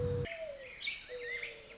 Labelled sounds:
Mourning Dove

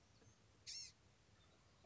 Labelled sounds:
Blue-gray Gnatcatcher

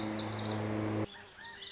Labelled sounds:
Lazuli Bunting

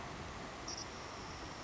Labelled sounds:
Savannah Sparrow

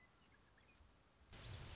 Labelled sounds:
Western Meadowlark

